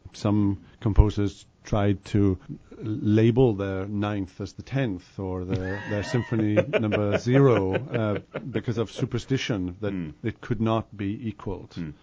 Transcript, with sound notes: Some composers tried to label their ninth as the tenth, or their symphony number zero… [laughter] …because of superstition that it could not be equaled.